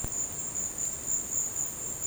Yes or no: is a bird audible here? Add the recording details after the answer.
no. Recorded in dense forest near Puerto Asís, Putumayo, Colombia, on 22 December 2024 at 13:00. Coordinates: 0.466, -76.327. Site G075